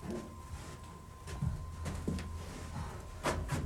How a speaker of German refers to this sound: Mach die Tür auf und geht da rein.